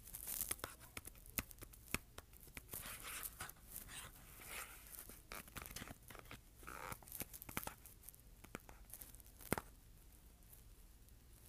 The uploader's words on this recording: ASMR Scratching and Tapping Cardboard.